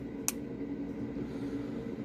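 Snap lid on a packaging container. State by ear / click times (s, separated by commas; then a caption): released / 0.3 s. The snap lid of a packaging container is opened during an unboxing and pops free with a single sharp snap at 0.3 s. A steady low hum continues underneath for the rest of the clip, and the lid is released.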